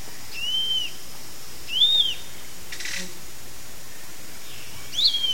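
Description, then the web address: Zimmer's flatbill singing thin, arched whistles, three notes, the first two about one and a half seconds apart and the third about three seconds later, the last one sharper and more peaked, over faint background noise. Eastern lowlands of South America. "Natures Songs S America Eastern Lowlands. Zimmer's Flatbill"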